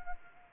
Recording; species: mosquito wingbeat signal from an infrared sensor; Anopheles arabiensis